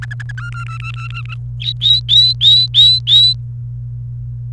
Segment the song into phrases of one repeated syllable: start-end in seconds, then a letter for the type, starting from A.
0.02-0.32 A, 0.37-1.34 B, 1.60-3.33 C